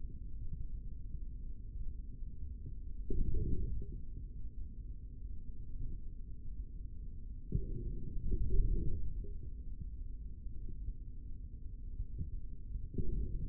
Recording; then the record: forearm muscle sounds (acoustic myography)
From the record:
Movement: forearm pronation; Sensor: system 3, bracelet of six PUI Audio POM-2738L microphones around the upper forearm, with dedicated amplification and filtering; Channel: 5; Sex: male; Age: 25 years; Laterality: right